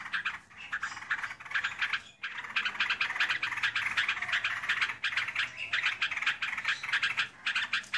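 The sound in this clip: Yellow-vented Bulbul calls in a busy, continuous chatter of rapid notes, broken by a couple of brief pauses.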